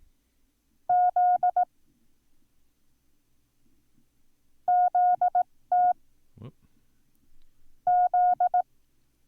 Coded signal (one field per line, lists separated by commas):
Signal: Morse code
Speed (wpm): 18 wpm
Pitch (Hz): 720 Hz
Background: none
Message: Z ZT Z